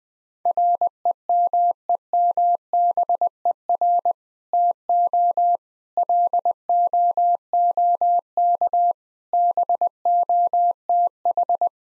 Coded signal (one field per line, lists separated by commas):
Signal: Morse code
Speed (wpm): 20 wpm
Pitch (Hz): 700 Hz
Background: none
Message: REMEMBER TO LOOK BOTH